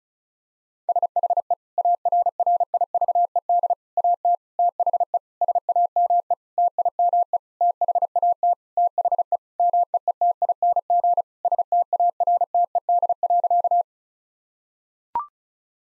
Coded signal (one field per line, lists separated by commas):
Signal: Morse code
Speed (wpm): 34 wpm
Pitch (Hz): 700 Hz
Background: none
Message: SHE ARRIVED AT THE SAME TIME THAT THE MEETING STARTED.